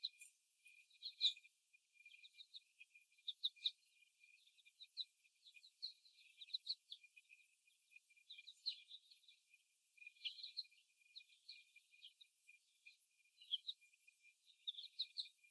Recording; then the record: young laying hens in a cage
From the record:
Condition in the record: before the stressor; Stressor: simulated dog barking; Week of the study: 1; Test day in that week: 1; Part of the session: 2